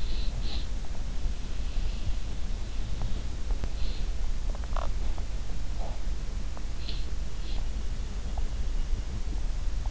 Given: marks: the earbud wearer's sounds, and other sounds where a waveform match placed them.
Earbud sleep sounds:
sounds in sleep by an in-ear microphone; breath
0.00-0.87 s: breath
4.57-5.17 s: sound from someone else or the room

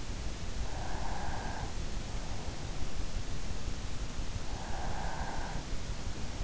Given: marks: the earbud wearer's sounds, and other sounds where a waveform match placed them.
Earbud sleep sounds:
sounds in sleep by an in-ear microphone; breath
0.00-2.22 s: breath
4.51-5.88 s: breath

